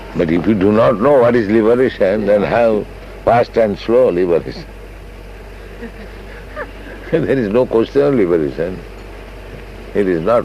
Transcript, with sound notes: But if you do not know what is liberation, then how fast and slow liberation? [chuckles] There is no question of liberation. It is not...,